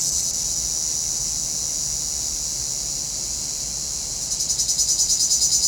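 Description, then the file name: Cicada song: a steady, high, hissing buzz that turns into a rapid pulsing throb in the last second and a half. Cicadas in a pinewood. "Relaxing Music Therapy - Sounds from a Pinewood Cicadas"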